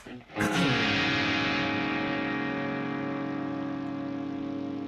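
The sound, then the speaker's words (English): An electric bass guitar with a clean, undistorted tone strikes a single low note that rings out with rich, buzzing overtones and sustains steadily, fading only slightly over several seconds with no voices. “I can get some distortion on my bass if you want, like, heavier sounding.”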